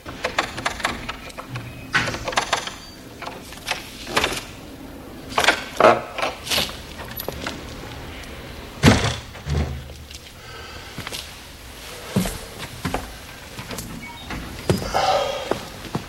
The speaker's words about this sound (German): Er nahm seinen Dietrich und in ein paar Sekunden hatte er die Tür geöffnet.